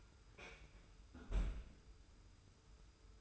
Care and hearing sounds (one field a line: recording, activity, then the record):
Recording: daily activity, microphone in the room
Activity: close fridge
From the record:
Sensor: 2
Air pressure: 990.9 hPa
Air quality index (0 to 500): 125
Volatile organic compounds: 106 ppm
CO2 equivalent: 3794 ppm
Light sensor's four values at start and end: 24/58/23/23 and 24/58/23/23